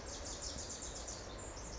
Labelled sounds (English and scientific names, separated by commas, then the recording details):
Pacific Wren (Troglodytes pacificus)
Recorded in Sonoma County, California